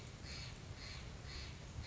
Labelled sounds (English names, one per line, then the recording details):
Steller's Jay
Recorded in Sonoma County, California